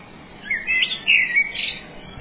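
Bird song: one short, bright warbled phrase in a few quick bursts of high, twittering notes, with a quiet pause before and after.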